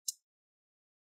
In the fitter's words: so put up the bottom cover straight right over push down the corners the back make sure you hear those big click sounds that's what you want to hear